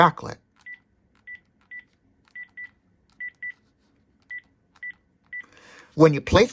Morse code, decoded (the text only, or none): none